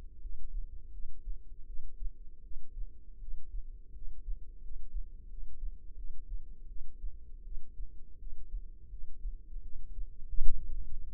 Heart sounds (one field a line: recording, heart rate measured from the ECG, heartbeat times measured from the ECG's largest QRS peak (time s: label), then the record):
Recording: heart sounds by microphone in the left ear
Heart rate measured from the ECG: 82 bpm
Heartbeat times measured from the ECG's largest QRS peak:
0.20 s: heartbeat
0.91 s: heartbeat
1.66 s: heartbeat
2.42 s: heartbeat
3.19 s: heartbeat
3.93 s: heartbeat
4.61 s: heartbeat
5.28 s: heartbeat
5.95 s: heartbeat
6.67 s: heartbeat
7.43 s: heartbeat
8.18 s: heartbeat
8.89 s: heartbeat
9.61 s: heartbeat
10.42 s: heartbeat
From the record:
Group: healthy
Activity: rest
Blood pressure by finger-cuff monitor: 83/46 mmHg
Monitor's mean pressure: 60 mmHg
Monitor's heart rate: 83 bpm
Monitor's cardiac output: 8.2 L/min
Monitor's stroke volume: 99 mL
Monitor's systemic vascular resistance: 510 dyn s/cm5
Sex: female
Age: 22 years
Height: 161 cm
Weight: 65.5 kg